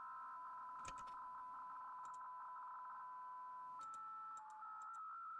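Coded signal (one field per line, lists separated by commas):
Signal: PSK63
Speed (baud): 62.5 baud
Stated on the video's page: 80 m contest operation, livestreamed.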